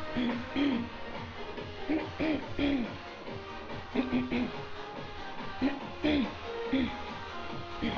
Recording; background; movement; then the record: throat clearing; music; walking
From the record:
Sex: female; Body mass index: 22.6 kg/m2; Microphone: on the chest, facing outward